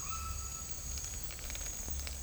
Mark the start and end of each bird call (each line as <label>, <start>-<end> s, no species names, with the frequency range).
bird call (0.7-5.6 kHz), 0.00-0.70 s